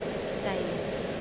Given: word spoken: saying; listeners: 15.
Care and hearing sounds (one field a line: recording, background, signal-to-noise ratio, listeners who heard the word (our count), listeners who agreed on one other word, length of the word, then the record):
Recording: one English word in noise, from a listening test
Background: speech-shaped noise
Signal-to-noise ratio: -5.1 dB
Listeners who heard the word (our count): 0 of 15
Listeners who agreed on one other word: 8 of 15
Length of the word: 0.81 s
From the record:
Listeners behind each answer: 8, 2, 2, 1, 1, 1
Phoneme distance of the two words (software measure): 17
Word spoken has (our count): 2 syllables, 4 phonemes, stress on syllable 1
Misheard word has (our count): 1 syllable, 3 phonemes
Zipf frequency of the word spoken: 5.56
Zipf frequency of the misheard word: 5.65